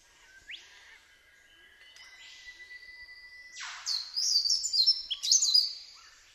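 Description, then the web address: Yellow-throated scrubwren song, faint thin notes at first, then a louder stretch of high, tangled twittering in the final few seconds. "Yellow throated scrubwren. صدای-پرنده-خس-نشین-گلوزرد"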